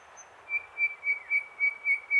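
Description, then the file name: Common nightingale song: a run of about seven clear, evenly spaced whistled notes on one pitch, each swelling and fading. "Luscinia megarhynchos"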